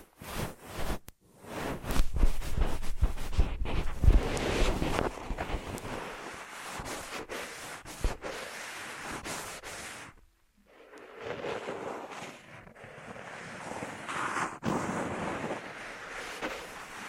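Ear massage sounds: dense rubbing and rustling with a rushing, wind-like texture and many quick crackles and taps. It swells loud after a brief start, eases off around 6 seconds, pauses at about 10 seconds, then resumes in softer uneven strokes.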